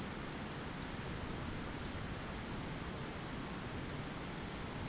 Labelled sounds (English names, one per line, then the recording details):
none
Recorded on Arctic tundra, site ZACK-1, on 15 June 2019
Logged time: 21:49